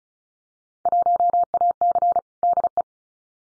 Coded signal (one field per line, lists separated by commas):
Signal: Morse code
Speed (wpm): 36 wpm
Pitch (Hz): 700 Hz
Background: none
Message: 1AC DE